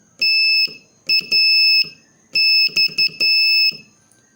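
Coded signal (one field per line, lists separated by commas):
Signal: Morse code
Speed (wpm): 11 wpm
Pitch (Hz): 2600 Hz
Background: none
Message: TAX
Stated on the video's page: Morse code lesson practice adding letters P and X, using three- and four-letter practice words.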